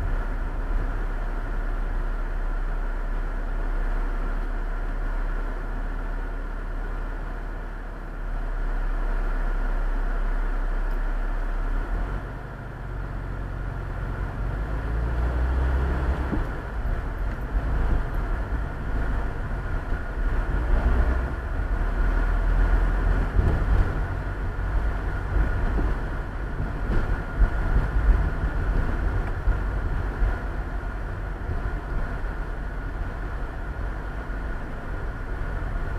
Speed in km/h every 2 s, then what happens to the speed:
13, 8, 4, 0, 0, 0, 0, 8, 10, 13, 15, 19, 22, 25, 25, 21, 20, 19.
0-5 slows to 0. 5-13 standing. 13-26 pulls away to 25. 26-36 steady at about 21.